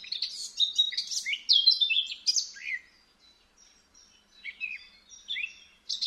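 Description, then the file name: Eurasian blackcap warbling a rich, rushed phrase of jumbled high notes, then falling quiet before a few softer scattered notes and a last brief burst. "Sylvia atricapilla"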